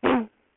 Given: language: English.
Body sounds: throat vibration sensor signal played as sound; throat clearing

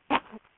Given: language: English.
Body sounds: throat vibration sensor signal played as sound; cough

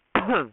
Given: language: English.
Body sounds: throat vibration sensor signal played as sound; cough

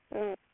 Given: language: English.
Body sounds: throat vibration sensor signal played as sound; speech

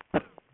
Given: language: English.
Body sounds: throat vibration sensor signal played as sound; cough

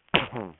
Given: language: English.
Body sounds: throat vibration sensor signal played as sound; cough

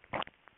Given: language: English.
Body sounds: throat vibration sensor signal played as sound; swallow

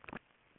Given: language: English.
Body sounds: throat vibration sensor signal played as sound; swallow

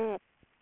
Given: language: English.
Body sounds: throat vibration sensor signal played as sound; speech

